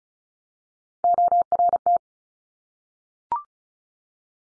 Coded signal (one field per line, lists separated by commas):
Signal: Morse code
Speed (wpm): 36 wpm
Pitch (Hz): 700 Hz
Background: none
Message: ORT